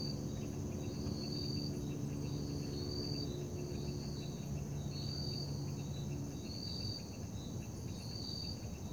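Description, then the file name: Cricket chirping: bright pulsed trills repeated over and over, with a low hum underneath that fades partway through. Night ambience in Parque da Liberdade. "Ambiencia parque da liberdade a noite com grilos, morcegos, moto longe e sapos"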